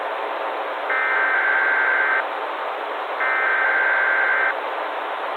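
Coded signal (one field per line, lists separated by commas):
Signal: Emergency Alert System (SAME) tones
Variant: header bursts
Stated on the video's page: Fictional analog horror scenario with valid EAS tones, made with software including eSpeak.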